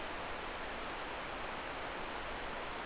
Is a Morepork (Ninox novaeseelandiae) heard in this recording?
no